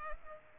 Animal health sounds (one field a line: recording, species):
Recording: mosquito wingbeat signal from an infrared sensor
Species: Culex pipiens